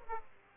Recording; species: mosquito wingbeat signal from an infrared sensor; Aedes aegypti